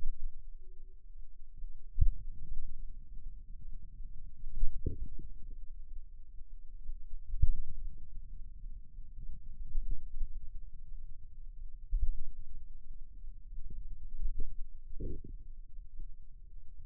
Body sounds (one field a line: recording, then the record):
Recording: forearm muscle sounds (acoustic myography)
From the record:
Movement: finger pinch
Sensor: system 2, bracelet of six BSWA MPA416 microphones around the upper forearm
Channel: 6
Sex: male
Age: 22 years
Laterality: right